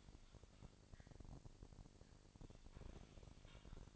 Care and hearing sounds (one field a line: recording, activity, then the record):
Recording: daily activity, microphone in the room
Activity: typing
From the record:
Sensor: 5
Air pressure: 999.3 hPa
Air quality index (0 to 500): 229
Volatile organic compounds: 24 ppm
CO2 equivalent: 2798 ppm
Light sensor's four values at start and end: 34/78/31/30 and 33/78/31/30